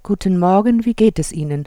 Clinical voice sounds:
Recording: spoken sentence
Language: German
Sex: female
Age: 60 to 69 years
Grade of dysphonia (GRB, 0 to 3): 2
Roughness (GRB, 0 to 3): 0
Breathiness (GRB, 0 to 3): 0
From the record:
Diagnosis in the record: phonasthenia (vocal fatigue)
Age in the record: 64 years

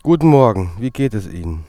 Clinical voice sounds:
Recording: spoken sentence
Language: German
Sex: male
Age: 30 to 39 years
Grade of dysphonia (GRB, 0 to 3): 0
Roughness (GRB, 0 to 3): 0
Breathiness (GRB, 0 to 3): 0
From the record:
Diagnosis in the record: healthy voice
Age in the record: 38 years

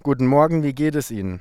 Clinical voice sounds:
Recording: spoken sentence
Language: German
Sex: male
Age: 30 to 39 years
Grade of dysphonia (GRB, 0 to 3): 0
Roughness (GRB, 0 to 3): 0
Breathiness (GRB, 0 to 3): 0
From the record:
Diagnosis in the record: healthy voice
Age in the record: 34 years

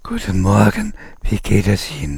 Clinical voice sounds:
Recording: spoken sentence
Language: German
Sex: male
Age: 50 to 59 years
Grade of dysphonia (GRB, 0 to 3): 3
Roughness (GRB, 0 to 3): 1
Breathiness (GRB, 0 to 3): 3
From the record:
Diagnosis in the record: recurrent laryngeal nerve paralysis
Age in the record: 56 years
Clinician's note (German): Rechts bei Ösophagus-CA

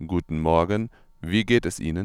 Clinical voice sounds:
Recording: spoken sentence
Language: German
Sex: male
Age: 20 to 29 years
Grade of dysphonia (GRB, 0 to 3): 1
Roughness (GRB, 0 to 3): 1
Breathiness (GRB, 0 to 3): 0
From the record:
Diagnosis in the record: healthy voice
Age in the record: 25 years

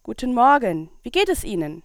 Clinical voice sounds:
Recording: spoken sentence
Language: German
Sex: female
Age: 20 to 29 years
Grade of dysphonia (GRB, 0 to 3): 0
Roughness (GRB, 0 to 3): 0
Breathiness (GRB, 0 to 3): 0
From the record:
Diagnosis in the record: healthy voice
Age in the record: 25 years

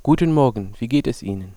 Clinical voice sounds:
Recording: spoken sentence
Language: German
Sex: male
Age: 20 to 29 years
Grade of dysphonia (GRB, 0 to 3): 0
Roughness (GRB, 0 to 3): 0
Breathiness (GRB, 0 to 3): 0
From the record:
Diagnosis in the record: healthy voice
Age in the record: 20 years

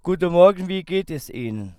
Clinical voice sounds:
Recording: spoken sentence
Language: German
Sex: male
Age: 40 to 49 years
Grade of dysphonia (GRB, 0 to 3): 0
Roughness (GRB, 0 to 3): 0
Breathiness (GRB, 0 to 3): 0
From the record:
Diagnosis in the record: healthy voice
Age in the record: 40 years

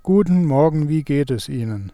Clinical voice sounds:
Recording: spoken sentence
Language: German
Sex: male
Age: 30 to 39 years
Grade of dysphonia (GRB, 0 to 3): 1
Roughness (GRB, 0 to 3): 0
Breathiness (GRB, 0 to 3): 1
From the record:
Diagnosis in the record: healthy voice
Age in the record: 32 years

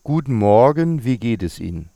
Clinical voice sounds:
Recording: spoken sentence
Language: German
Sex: male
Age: 50 to 59 years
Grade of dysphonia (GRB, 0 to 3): 1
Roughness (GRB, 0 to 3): 1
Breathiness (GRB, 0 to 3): 1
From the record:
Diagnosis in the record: healthy voice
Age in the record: 55 years

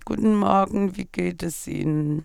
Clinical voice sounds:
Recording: spoken sentence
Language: German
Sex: female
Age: 40 to 49 years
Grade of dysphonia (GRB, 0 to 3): 0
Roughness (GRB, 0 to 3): 0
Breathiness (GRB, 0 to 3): 0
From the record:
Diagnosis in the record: hyperfunctional dysphonia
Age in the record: 43 years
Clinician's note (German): Mäßige Form, multifaktoriell psychogen

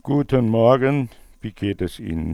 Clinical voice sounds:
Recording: spoken sentence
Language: German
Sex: male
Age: 60 to 69 years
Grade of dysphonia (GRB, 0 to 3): 2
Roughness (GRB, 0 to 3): 2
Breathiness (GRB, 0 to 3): 0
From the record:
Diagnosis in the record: dysphonia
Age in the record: 69 years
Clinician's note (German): Vokalische Dysfunktion mit Seufzer; spasmodische Komponente?

